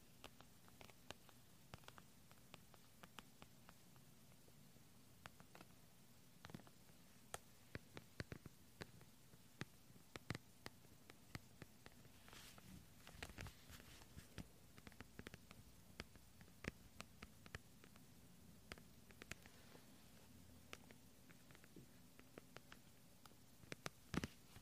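Gentle clicky, sticky little sounds: soft, sharp ticks and pops scattered irregularly through the whole stretch, bunching up a bit around the middle. Underneath sits a steady low hum and a faint hiss, with a couple of louder clicks near the end.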